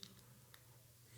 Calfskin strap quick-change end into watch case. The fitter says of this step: yeah let me click that i clearly hear it